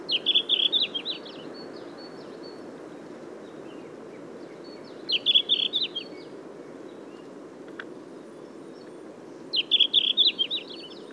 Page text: Синехвостка - (лат. Tarsiger cyanurus), Patrick Franke